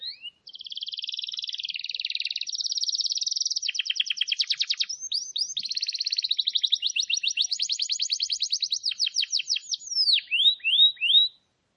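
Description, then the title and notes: Canary singing extended rolling trills that speed up and slow down, closing with a few loud falling whistled notes before stopping. Wild canary singing continuously, used as a tutor recording for training caged canaries. "Pikat Kenari GACOR PANJANG INI Cocok Untuk Masteran KENARI LIAR. Masteran burung kenari gacor parah"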